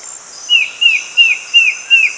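Bird: five clear down-sliding whistled bird notes spaced evenly, with a persistent high-pitched buzz of insects underneath.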